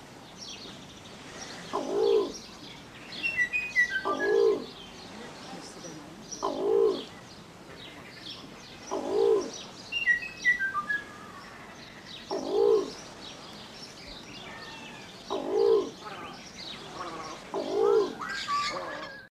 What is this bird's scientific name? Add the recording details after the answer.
Ducula carola. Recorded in captivity. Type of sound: call. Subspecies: carola. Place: Vogelpark Walsrode, Niedersachsen, DE. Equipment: Halbspur, 9,5 cm/s. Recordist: Lütgens, Hans. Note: Rufe